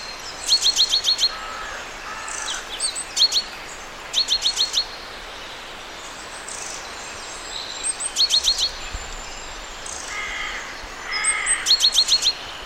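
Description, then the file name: Great tit calling in quick strings of sharp, high clicking notes, several bursts spaced a few seconds apart, with softer lower calls in between. "Parus major"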